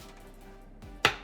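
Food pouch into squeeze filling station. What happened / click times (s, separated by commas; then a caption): The plastic pouch clicked into its slot / 1.1 s. A plastic baby food pouch, held horizontally and aligned to the slots, is pushed all the way back into an Infantino plastic squeeze filling station. A soft scrape is heard at about 0.8 s, followed by a sharp click at 1.1 s as the pouch clicks into place and is seated. There is no talking.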